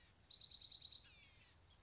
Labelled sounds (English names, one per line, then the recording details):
Blue-gray Gnatcatcher
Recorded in Sonoma County, California